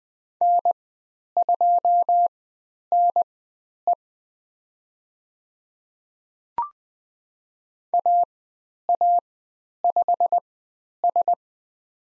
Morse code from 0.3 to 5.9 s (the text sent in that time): N2NE